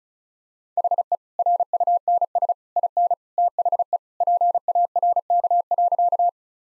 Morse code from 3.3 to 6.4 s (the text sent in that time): THE PARK.